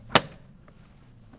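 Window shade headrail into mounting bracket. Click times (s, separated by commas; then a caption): 0.2 s. A window shade headrail, tilted under the metal lip of its mounting bracket, is pushed back with the thumbs and snaps into the bracket with one sharp, loud click at 0.2 s. A much fainter tick follows at about 0.7 s, then only a quiet background remains. The headrail is seated in the bracket.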